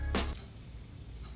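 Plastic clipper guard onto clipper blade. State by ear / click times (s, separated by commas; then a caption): not seated / none. A plastic half-size premium guard is handled against the metal blade of an Andis Cordless Envy Li hair clipper. A loud broadband rustle bursts in at about 0.1 s and lasts to about 0.3 s, then fades to a low, steady background hum. Nothing has seated or clicked yet.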